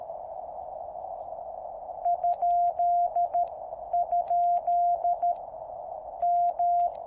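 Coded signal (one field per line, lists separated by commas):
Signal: Morse code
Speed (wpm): 13 wpm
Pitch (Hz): 700 Hz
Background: radio noise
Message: ? ? M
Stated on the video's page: QRP CW from a QCX-mini transceiver on 3x18650 batteries, 10-metre end-fed antenna with 1:64 balun on 7-metre fishing-pole mast.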